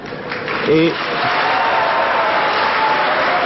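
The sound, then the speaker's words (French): A loud, steady roar of crowd noise with applause-like texture as an evening crowd shouts and whistles at a speaker, a short voiced shout rising out of it early on, and faint thin whistles threading through the din. “Je suis surtout content ce soir pour tous les cris et les sifflets que vous m'adressez.”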